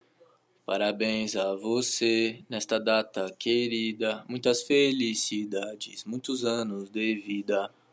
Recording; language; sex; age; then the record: short text; Brazilian Portuguese; male; 18 to 19 years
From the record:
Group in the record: control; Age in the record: 18 years